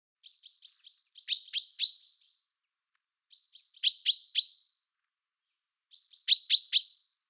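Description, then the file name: Common chaffinch calls: thin high notes leading into three sharp, bright chirps, the burst repeated about every two and a half seconds in a quiet background. "Fringilla coelebs"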